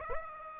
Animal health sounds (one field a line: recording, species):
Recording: mosquito wingbeat signal from an infrared sensor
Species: Aedes aegypti